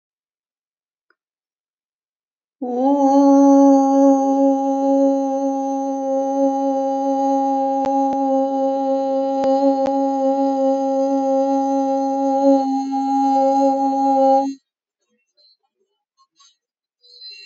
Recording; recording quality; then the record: sustained vowel as in boot; moderate, slight background noise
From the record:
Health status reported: healthy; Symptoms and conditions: diabetes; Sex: female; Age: 64 years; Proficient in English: yes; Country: India